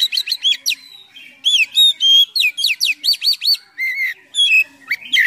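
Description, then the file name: Oriental magpie-robin song, a fast, varied string of loud rising and falling whistled notes and chirps. Full, continuous 'gacor' song packed with imitations of other sounds ('full isian mewah'). "KACER GACOR FULL ISIAN MEWAH"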